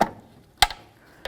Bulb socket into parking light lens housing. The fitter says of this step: heard the click